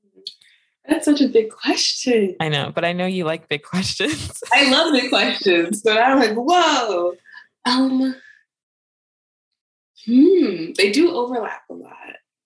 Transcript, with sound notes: That’s such a big question.
I know. (Laughing) But I know you like big questions.
(Laughing) I love big questions! So I’m like, woah!
Hm. They do overlap a lot.